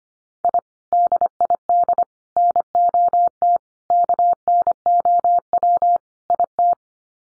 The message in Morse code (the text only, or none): I DID NOT KNOW IT